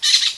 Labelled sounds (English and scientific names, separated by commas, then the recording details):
Brown-throated Parakeet (Eupsittula pertinax) contact call
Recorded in Venezuela
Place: Guárico; Corozopando; Fundo La Fe
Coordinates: 8.506, -67.593